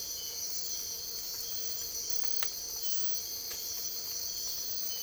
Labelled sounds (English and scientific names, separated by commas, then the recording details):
none
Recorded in dense forest near Puerto Asís, Putumayo, Colombia, on 22 December 2024 at 04:00
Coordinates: 0.482, -76.320
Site G021